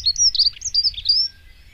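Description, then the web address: Dunnock song fragment, a quick run of high thin warbled notes for about a second, with a low rumbling background noise underneath. "agykontroll Madardalok Cd 1. Erdei szürkebegy"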